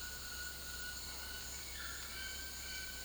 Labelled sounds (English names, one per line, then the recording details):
White-throated Toucan
Bright-rumped Attila
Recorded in secondary vegetation near Puerto Asís, Putumayo, Colombia, on 19 February 2024 at 10:00
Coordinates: 0.481, -76.323
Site G6376